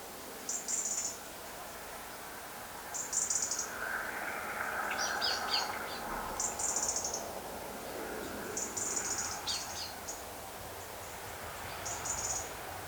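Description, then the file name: European robin: short high, thin note clusters repeated every few seconds. "Erithacus rubecula"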